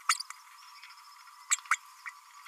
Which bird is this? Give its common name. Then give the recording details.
Green-rumped Parrotlet. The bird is a female. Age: 31 days. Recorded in a nest box in Venezuela. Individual 17B32A5